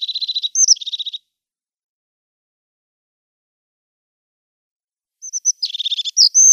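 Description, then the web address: Crested tit singing rapid buzzy rattles broken by high, thin notes, heard at the start and again after several seconds of silence. "Schulze Peter Crested Tit song"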